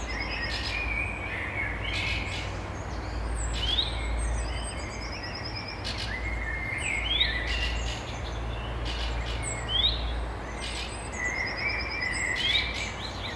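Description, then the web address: Bird chorus: many short chirps, trills and whistles from several singers repeating throughout, with a steady low rumble and hiss beneath. Recorded at dawn. "songs Voegel. Morgendaemmerung"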